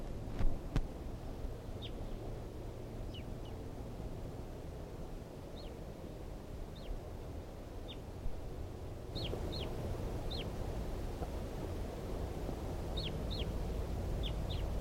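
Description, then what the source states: Red Crossbill calls: short, sharp downslurred kip notes given singly and in quick pairs, scattered irregularly throughout over a steady low rumble of background noise. Wild type 2 bird calling, at 5:21.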